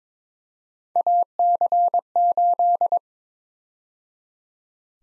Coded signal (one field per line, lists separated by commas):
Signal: Morse code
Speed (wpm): 22 wpm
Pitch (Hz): 700 Hz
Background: none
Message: AC8